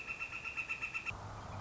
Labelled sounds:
Northern Flicker

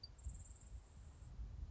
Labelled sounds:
Grasshopper Sparrow

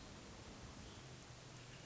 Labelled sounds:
Hermit Thrush

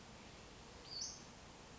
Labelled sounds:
Western Flycatcher

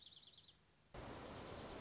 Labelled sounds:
Dark-eyed Junco

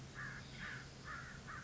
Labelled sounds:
American Crow

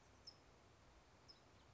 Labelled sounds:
California Towhee

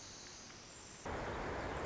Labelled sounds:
Pacific Wren

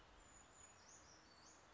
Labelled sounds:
Brown Creeper

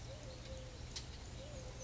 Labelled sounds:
Eurasian Collared Dove

